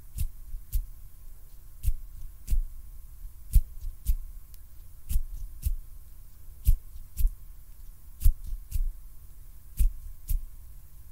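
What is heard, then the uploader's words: Hand sounds in a steady, heartbeat-like pattern: paired soft thumps repeat about every one and a half seconds, each pair a quick double knock with a deep low body and a brief bright click. A faint, even tone hums underneath throughout. ASMR HAND SOUNDS NO TALKING.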